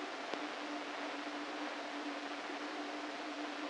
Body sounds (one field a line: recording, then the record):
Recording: brain microelectrode recording played as sound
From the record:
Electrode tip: inside the subthalamic nucleus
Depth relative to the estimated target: -1 mm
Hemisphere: right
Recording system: NeuroSet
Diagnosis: Parkinson's disease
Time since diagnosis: 13 years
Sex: male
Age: 49 years